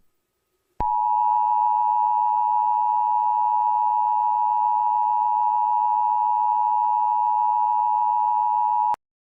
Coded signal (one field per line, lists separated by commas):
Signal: Emergency Alert System (SAME) tones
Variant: 853 and 960 Hz attention tone